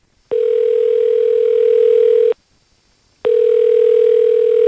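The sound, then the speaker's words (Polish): A landline phone's call tone: two long, steady, mid-pitched beeps, each about two seconds, separated by a one-second pause. The tone is loud and clear, with no voices. “W końcu stało się jasne, że w grę wchodzi jedynie telefon, do tego stacjonarny.”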